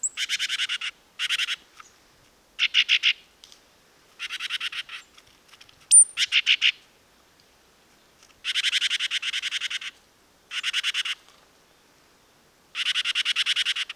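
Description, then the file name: Great tit harsh rattling calls in short, irregular pulsed bursts separated by brief silences, with a sharp high note around the middle. "Parus major"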